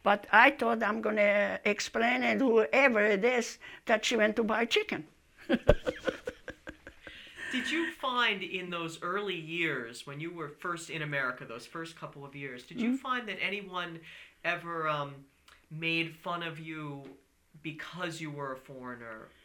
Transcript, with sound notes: But I thought I'm going to explain whoever it is that she went to buy chicken. (laughing)
Did you find in those early years, when you were first in America, those first couple of years, did you find that anyone ever made fun of you because you were a foreigner?